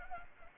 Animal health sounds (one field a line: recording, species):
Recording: mosquito wingbeat signal from an infrared sensor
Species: Anopheles arabiensis